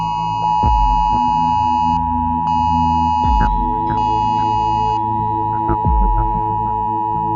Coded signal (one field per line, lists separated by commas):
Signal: Emergency Alert System (SAME) tones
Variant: 853 and 960 Hz attention tone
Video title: Redoing: zombie EAS scenario